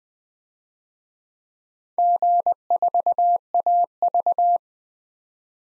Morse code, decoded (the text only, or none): G4AV